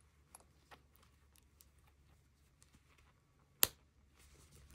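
A second plastic safety eye back is pushed onto its post through the crocheted fabric of a crochet toy, with faint soft taps and rustles beforehand. It snaps into place with one sharp click at 3.6 s, and the eyes are secured.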